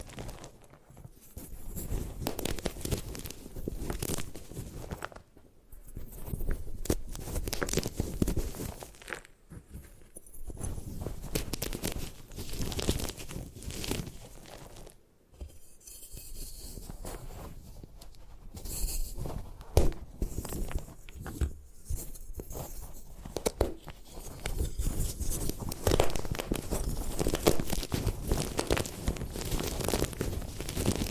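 Gym chalk being crushed and crumbled in dense, crackling bursts of grinding and crinkling, with brief pauses near 5, 9 and 15 seconds.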